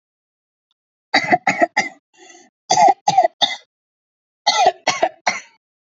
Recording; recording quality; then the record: shallow voluntary cough; excellent, no background noise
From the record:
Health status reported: healthy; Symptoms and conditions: cough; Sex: female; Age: 30 years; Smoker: not ticked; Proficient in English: yes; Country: India